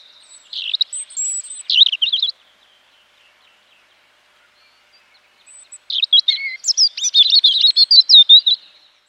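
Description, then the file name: European robin singing: a high, thin, tumbling warble, then a pause of about three seconds before a longer phrase of twittering notes and trills. "Erithacus rubecula"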